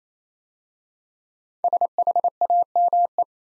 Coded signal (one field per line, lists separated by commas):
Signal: Morse code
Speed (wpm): 27 wpm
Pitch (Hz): 700 Hz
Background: none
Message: SHAME